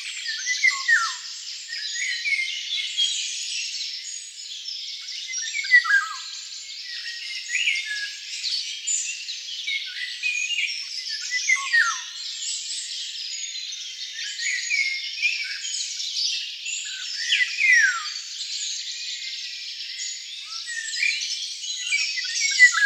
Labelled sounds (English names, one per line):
Eurasian Golden Oriole song